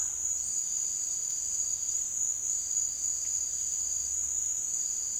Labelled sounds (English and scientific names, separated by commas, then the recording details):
none
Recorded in secondary vegetation near Puerto Asís, Putumayo, Colombia, on 25 June 2025 at 16:00
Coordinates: 0.485, -76.322
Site GP06